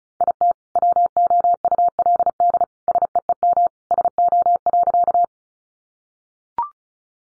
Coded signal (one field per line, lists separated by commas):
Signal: Morse code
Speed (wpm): 34 wpm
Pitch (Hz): 700 Hz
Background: none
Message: IT WOULD SEEM SO.